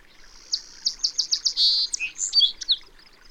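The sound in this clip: Bird song: a series of sharp high notes coming faster, a buzzy burst, then a jumbled high twittering phrase.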